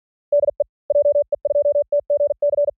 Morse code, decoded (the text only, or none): DE JE2TGC